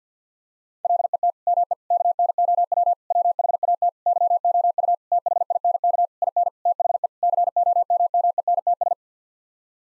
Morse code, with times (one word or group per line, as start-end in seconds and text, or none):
0.8-1.3 LET
1.5-1.7 ME
1.9-2.9 KNOW
3.1-3.9 WHAT
4.1-4.9 YOU
5.1-6.1 THINK
6.2-6.5 IN
6.7-7.1 THE
7.2-8.9 COMMENTS